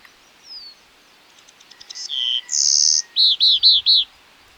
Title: Myiothlypis Nigrocristata